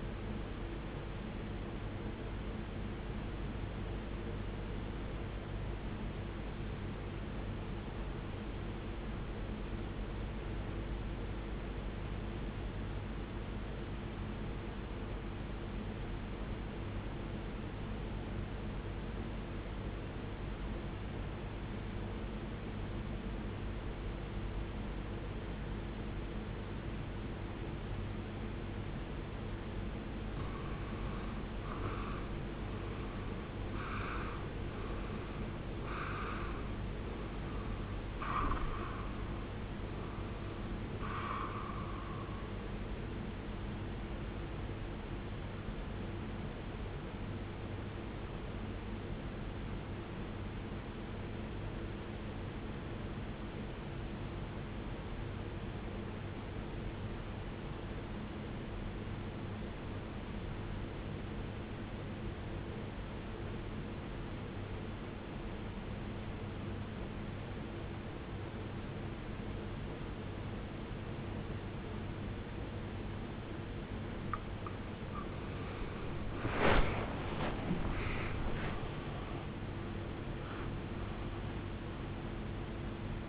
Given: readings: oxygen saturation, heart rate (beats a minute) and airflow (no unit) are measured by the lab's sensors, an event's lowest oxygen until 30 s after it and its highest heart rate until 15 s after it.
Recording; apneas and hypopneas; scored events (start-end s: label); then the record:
breathing in sleep by a voice recorder at the bedside; 2
5.00-32.30 s: obstructive apnea (REM, oxygen 96% highest, then 91% lowest, heart rate 62 at the start, 75 highest)
50.00-74.80 s: obstructive apnea (REM, oxygen 95% highest, then 89% lowest, heart rate 51 at the start, 88 highest)
82.00-83.29 s: new sleep stage, N1 (lightest sleep)
From the record:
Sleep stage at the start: REM sleep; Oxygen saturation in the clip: 90 to 96%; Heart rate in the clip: 46 to 87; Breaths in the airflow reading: 9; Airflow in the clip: -22.8 to 19.6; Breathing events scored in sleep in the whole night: 389 in 6.3 hours asleep